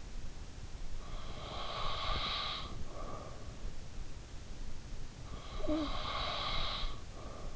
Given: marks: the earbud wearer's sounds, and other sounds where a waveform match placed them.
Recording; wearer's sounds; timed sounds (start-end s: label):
sounds in sleep by an in-ear microphone; snoring breath
0.96-3.51 s: snoring breath
5.27-7.56 s: snoring breath